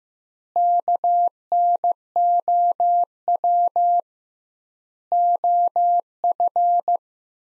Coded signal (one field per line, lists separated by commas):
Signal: Morse code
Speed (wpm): 16 wpm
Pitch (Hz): 700 Hz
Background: none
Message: KNOW OF